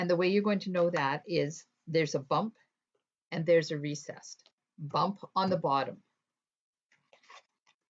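Someone talks while a thin metal cutting die is set into the recessed spot of a plastic hybrid embossing folder, lined up by its bump. After the talking stops, faint, brief handling taps come at about 6.9, 7.1 and 7.7 seconds. The die has not yet clicked down into place.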